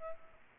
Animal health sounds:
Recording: mosquito wingbeat signal from an infrared sensor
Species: Aedes aegypti

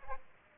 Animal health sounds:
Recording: mosquito wingbeat signal from an infrared sensor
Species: Aedes aegypti

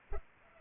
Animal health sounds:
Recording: mosquito wingbeat signal from an infrared sensor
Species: Culex pipiens

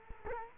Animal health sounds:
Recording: mosquito wingbeat signal from an infrared sensor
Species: Culex quinquefasciatus

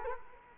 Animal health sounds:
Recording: mosquito wingbeat signal from an infrared sensor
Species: Culex quinquefasciatus

